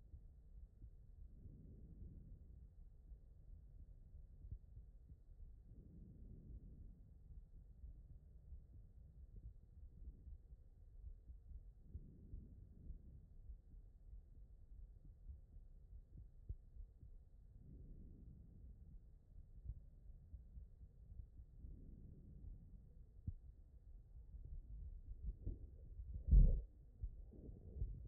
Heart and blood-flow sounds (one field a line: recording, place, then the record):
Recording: heart sounds by stethoscope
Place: aortic valve (AV)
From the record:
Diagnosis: non-HFrEF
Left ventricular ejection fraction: 45%